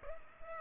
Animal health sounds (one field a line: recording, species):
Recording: mosquito wingbeat signal from an infrared sensor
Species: Culex pipiens